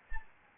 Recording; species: mosquito wingbeat signal from an infrared sensor; Anopheles arabiensis